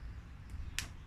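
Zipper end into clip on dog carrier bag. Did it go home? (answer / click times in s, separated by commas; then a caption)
yes / 0.8 s. The end of the zipper on a fabric dog carrier bag is clipped into a small fastener so it won't tickle the dog's head. A faint high tick comes around 0.5 s, then a sharp, bright click at 0.8 s over a low, steady background rumble. The zipper end seats in the holder.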